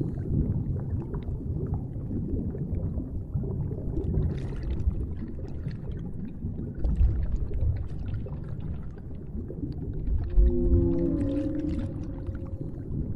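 Whale sounds underwater: a dense, steady low rumble with scattered clicks, then a sliding, moaning whale call rises around ten seconds.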